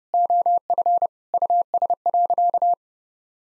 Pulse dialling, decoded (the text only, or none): none